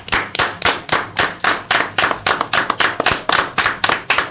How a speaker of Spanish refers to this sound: Aquí se ha notado que aplaudíamos, pero de verdad. Sinceramente, esta vez sí. Con sinceridad.